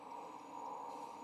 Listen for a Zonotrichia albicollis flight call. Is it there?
no